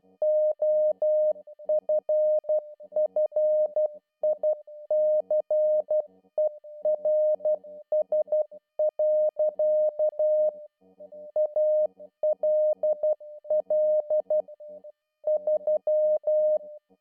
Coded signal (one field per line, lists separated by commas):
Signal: Morse code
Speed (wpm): 12 wpm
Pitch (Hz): 610 Hz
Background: music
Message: OFFICERS. ALL 3